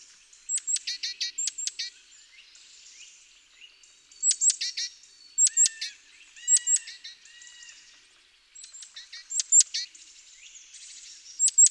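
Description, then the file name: Great tit calling repeatedly, with thin high ticks leading into rasping, scolding churrs in several bursts, plus a few softer whistled notes. "Parus major"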